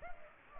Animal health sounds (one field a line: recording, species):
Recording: mosquito wingbeat signal from an infrared sensor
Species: Culex pipiens